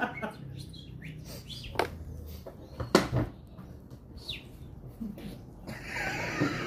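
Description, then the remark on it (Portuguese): Someone imitates the chirps of giant African swallows with their voice: short, high, squeaky tweets scattered irregularly, mixed with a few sharp clicks, ending in a breathy hiss. “Pro polimorfo, vou virar andorinhas gigantes africanas. Andorinhas africanas. Pode falar normal, eu entendo você.”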